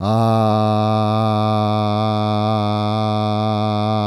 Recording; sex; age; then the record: sustained vowel /a/; male; 50 to 59 years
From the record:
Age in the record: 58 years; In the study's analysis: included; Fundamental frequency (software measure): 107 Hz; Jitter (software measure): 0.25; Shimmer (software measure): 0.79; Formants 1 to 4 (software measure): 716 Hz, 1324 Hz, 2505 Hz, 3650 Hz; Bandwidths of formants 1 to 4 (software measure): 73 Hz, 75 Hz, 101 Hz, 161 Hz